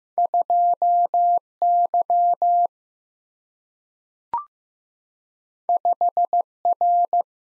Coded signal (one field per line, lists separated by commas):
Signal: Morse code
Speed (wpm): 15 wpm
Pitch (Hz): 700 Hz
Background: none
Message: 2 Y 5 R